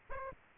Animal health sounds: mosquito wingbeat signal from an infrared sensor; Aedes aegypti

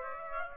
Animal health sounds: mosquito wingbeat signal from an infrared sensor; Aedes aegypti

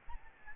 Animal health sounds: mosquito wingbeat signal from an infrared sensor; Aedes albopictus

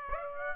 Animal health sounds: mosquito wingbeat signal from an infrared sensor; Aedes aegypti

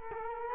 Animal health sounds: mosquito wingbeat signal from an infrared sensor; Culex quinquefasciatus

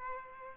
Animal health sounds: mosquito wingbeat signal from an infrared sensor; Aedes albopictus

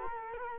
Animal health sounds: mosquito wingbeat signal from an infrared sensor; Culex quinquefasciatus

